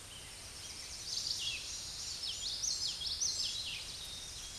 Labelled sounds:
Common Yellowthroat (Geothlypis trichas) song
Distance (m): 25 m
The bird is about level with the microphone
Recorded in a Pennsylvania forest on 16 May 2024 at 08:14
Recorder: AudioMoth, point MSD-2304
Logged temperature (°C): 16.0 °C
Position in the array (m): 222 m, 185 m

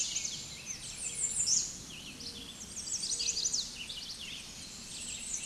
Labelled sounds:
American Redstart (Setophaga ruticilla) song
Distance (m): 30 m
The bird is about 25 m above the microphone
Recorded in a Pennsylvania forest on 16 May 2024 at 08:51
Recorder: AudioMoth, point MSD-2112
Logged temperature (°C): 16.3 °C
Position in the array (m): 59 m, 237 m

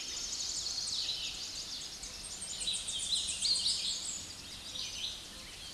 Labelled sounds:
Hooded Warbler (Setophaga citrina) song
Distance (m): 105 m
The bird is about 15 m above the microphone
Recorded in a Pennsylvania forest on 16 May 2024 at 06:56
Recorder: AudioMoth, point MSD-2143
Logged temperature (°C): 16.0 °C
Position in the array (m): -44 m, 175 m

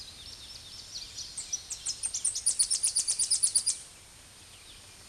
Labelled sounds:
Tennessee Warbler (Leiothlypis peregrina) song
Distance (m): 5 m
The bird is about 5 m above the microphone
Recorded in a Pennsylvania forest on 16 May 2024 at 06:25
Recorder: AudioMoth, point MSD-0665
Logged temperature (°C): 16.1 °C
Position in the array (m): 69 m, 91 m

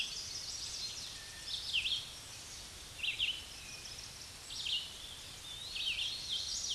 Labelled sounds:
Red-eyed Vireo (Vireo olivaceus) song
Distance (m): 35 m
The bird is about 25 m above the microphone
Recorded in a Pennsylvania forest on 16 May 2024 at 08:32
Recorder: AudioMoth, point MSD-2095
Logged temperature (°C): 16.3 °C
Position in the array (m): 165 m, 72 m

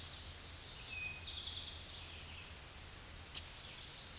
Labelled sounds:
Eastern Towhee (Pipilo erythrophthalmus) song
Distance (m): 45 m
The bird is about 15 m above the microphone
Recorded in a Pennsylvania forest on 16 May 2024 at 07:18
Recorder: AudioMoth, point MSD-0627
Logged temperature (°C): 14.8 °C
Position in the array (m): 68 m, 14 m

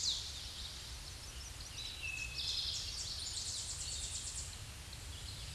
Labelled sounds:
Eastern Towhee (Pipilo erythrophthalmus) song
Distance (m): 30 m
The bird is about 5 m above the microphone
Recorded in a Pennsylvania forest on 16 May 2024 at 07:38
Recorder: AudioMoth, point MSD-2131
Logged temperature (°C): 14.8 °C
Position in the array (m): 70 m, 19 m

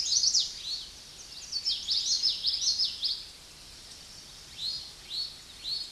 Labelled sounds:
Common Yellowthroat (Geothlypis trichas) song
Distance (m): 15 m
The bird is about 10 m above the microphone
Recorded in a Pennsylvania forest on 16 May 2024 at 07:17
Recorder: AudioMoth, point MSD-2061
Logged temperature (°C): 16.1 °C
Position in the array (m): 233 m, 174 m

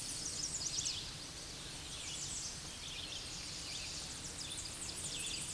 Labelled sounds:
American Redstart (Setophaga ruticilla) song
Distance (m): 65 m
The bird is about 5 m above the microphone
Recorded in a Pennsylvania forest on 16 May 2024 at 08:15
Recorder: AudioMoth, point MSD-0827
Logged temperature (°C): 12.1 °C
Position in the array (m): 151 m, 251 m

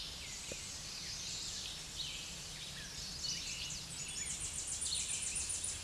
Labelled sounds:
Tennessee Warbler (Leiothlypis peregrina) song
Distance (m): 25 m
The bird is about 15 m above the microphone
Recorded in a Pennsylvania forest on 16 May 2024 at 07:41
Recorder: AudioMoth, point MSD-1411
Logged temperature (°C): 16.1 °C
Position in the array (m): 40 m, 200 m

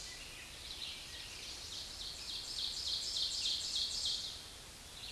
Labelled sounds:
Ovenbird (Seiurus aurocapilla) song
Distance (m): 30 m
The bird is about 10 m above the microphone
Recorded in a Pennsylvania forest on 16 May 2024 at 07:15
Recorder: AudioMoth, point MSD-1539
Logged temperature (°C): 16.0 °C
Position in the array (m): 147 m, 5 m

